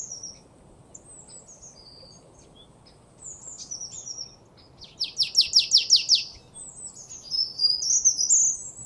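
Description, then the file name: Marsh tit calls: a quick burst of buzzy, chattering high notes around the middle, among thin scattered chirps and whistles. "Poecile palustris"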